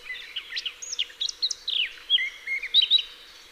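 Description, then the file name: Eurasian blackcap song: a rapid, varied warble of high, chattering notes and clear fluty whistles, delivered continuously for a few seconds, with a faint steady hum underneath. "Sylvia atricapilla"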